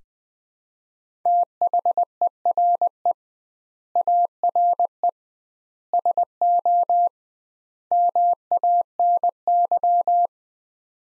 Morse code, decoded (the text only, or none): THERE ARE SO MANY